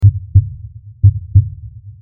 Heartbeat.